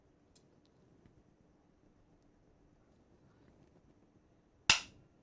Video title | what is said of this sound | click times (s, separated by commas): Overclocking Session #47: Testing the 1 second overclock function on the MSI Z270 XPOWER | There we go. Right, so that pop you heard was the heatsink coming away from | 4.7 s